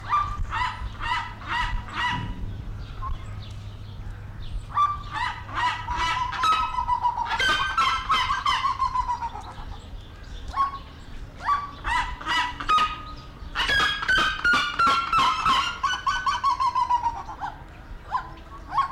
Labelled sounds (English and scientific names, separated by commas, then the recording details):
Red-legged Seriema (Cariama cristata) call
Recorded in captivity
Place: Zoo Berlin, Berlin, DE
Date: 1992-07-25 11:50
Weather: sonnig (heiter - schwül), 23-26°C
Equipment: Marantz CP 430, Sennheiser ME 80, Kopie Tesla B 116
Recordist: Tembrock, Günter